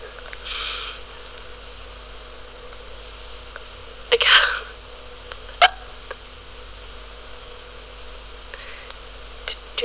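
An adult hiccups a few times, at irregular intervals, with quiet pauses in between.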